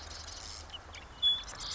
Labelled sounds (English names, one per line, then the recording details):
Marsh Wren
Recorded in Sonoma County, California